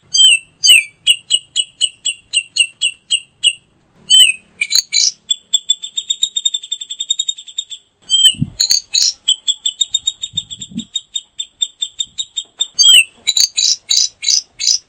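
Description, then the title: Grey-cheeked bulbul giving rapid runs of sharp chattering notes, several per second, broken by short harsh buzzy calls and a few pauses; faint low thumps in the background. Female. "Cucak Jenggot Betina"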